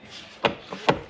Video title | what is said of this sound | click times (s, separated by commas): Rattle In Your Door?…How To Remove Door Panels On A 2022 Toyota Tundra To Find Issue! | to place you'll feel and hear them you'll hear a little click | 0.5 s, 0.9 s